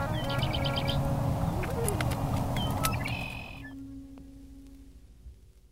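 Harrier calls: two quick bursts of sharp, high repeated notes, with a few other short notes between, over a low rumbling background that fades away after about three seconds.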